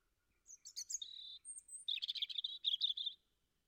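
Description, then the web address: European robin song, one rippling phrase of thin high notes and short trills lasting nearly three seconds, then quiet. "Deverinetal 2025"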